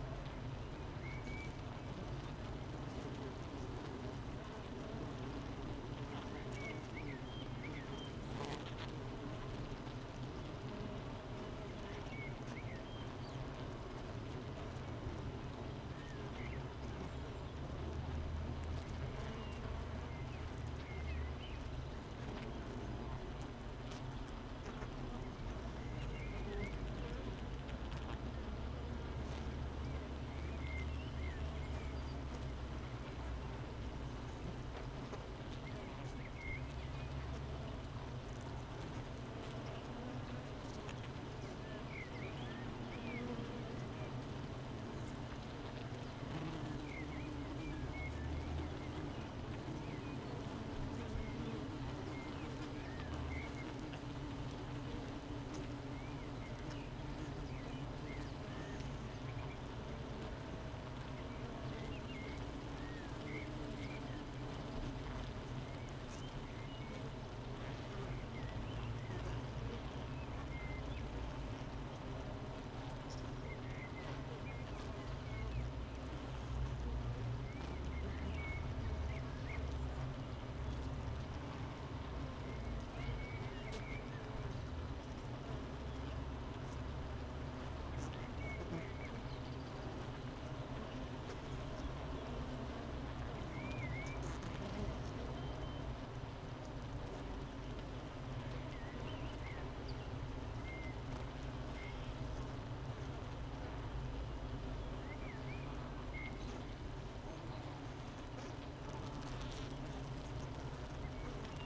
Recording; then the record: honeybee colony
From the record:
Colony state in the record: missing queen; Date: 31 May 2018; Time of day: 7:53